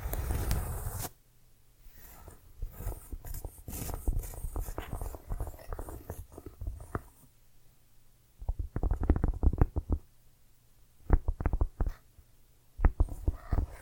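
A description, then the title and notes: Dry handling sounds of a cork and tiny bottles, with soft brushing and crinkly vinyl rubbing. A dense burst of noise opens the first second, followed by irregular scrapes and taps, then quiet gaps broken by short bursts near nine, eleven and thirteen seconds. ASMR Tiny Mics - Mighty Tingles Mic Testing（No Talking）. Cork, tiny bottles, vinyl, brushing.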